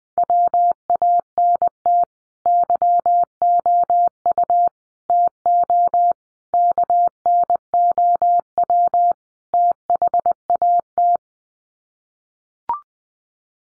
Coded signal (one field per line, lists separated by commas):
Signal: Morse code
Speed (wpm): 20 wpm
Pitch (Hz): 700 Hz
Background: none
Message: WANT YOU TO KNOW THAT